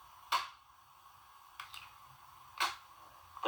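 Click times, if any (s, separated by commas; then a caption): 0.3 s, 3.4 s. A Mounjaro auto-injector pen pressed against the skin of the stomach clicks sharply at 0.3 s as the injection starts, then clicks again at 3.4 s as the needle retracts. Other short ticks occur in between, around 1.6 s, 1.8 s and 2.6 s. Both expected clicks are heard, confirming the injection completed and the needle retracted.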